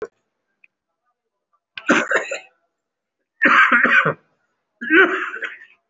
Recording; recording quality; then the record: heavy voluntary cough; excellent, no background noise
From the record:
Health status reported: respiratory illness, not identified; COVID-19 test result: negative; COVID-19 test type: RT-PCR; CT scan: not taken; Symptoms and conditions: cold, breathing difficulty, sore throat, asthma, another respiratory illness, another condition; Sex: male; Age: 39 years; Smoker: no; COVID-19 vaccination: one dose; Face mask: worn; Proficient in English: no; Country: India